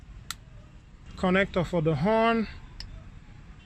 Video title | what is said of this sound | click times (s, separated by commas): Honda Airbag removal: Driver airbag replacement 2013 - 2017 Accord / Replace airbag AFTER Accident | and you push it in until you hear that snap. Push in the gray one. | 0.3 s